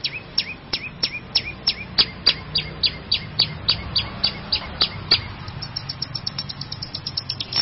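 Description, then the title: Long-tailed shrike song: steady series of sharp hooked chips repeated roughly three times a second, quickening into fainter rapid notes toward the end. Champion singing bird. "Kicau Burung Cendet Juara"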